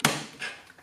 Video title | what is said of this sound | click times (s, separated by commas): GHK AK V2 Fire Control Group Reassembly / Sears Replacement | You could hear that positive click. | 0.1 s